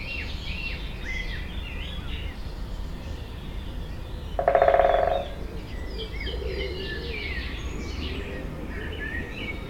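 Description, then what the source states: Woodpecker drumming in one quick, loud roll midway, surrounded by varied chirping and whistling of other birds. Binaural recording.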